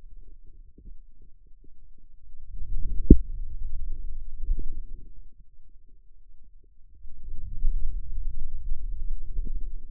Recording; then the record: forearm muscle sounds (acoustic myography)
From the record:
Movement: hand closing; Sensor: system 2, bracelet of six BSWA MPA416 microphones around the upper forearm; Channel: 5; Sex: male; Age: 22 years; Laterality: right